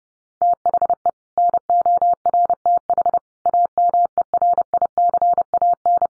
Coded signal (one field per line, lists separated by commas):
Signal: Morse code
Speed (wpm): 30 wpm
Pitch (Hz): 700 Hz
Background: none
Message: THE NORTH AMERICAN